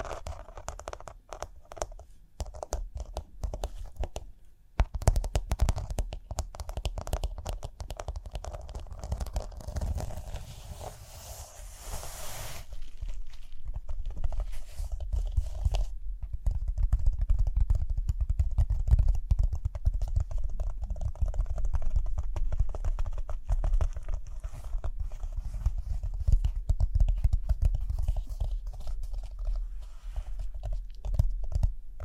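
Rhinestones are tapped, scratched and brushed in a dense, rapid stream of small clicks and scrapes with a low rumbling underlayer. A brief pause comes near five seconds, and a bright brushing hiss rises around ten to twelve seconds. After fifteen seconds the sound grows steadier and louder.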